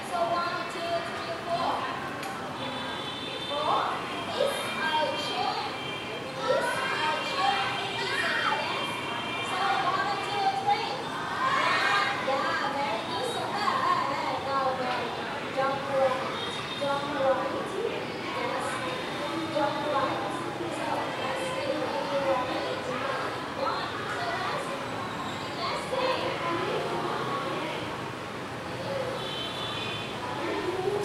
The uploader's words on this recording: Saigon balcony, teacher's call, children's yells. Deep in the city of HCM children can be heard learning simple sentences from their teacher. Recorded by Kit Wilmans Fegradoe.